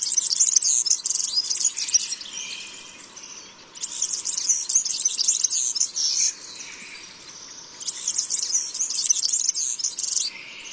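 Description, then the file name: European serin giving repeated high-pitched, jingling, sizzling song bursts, each lasting roughly two to three seconds, with short quieter gaps between them. "Verzellino"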